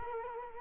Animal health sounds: mosquito wingbeat signal from an infrared sensor; Culex quinquefasciatus

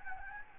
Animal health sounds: mosquito wingbeat signal from an infrared sensor; Anopheles gambiae

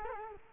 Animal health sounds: mosquito wingbeat signal from an infrared sensor; Culex quinquefasciatus

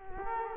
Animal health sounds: mosquito wingbeat signal from an infrared sensor; Culex quinquefasciatus

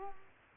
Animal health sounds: mosquito wingbeat signal from an infrared sensor; Culex quinquefasciatus

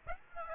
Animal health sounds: mosquito wingbeat signal from an infrared sensor; Aedes aegypti

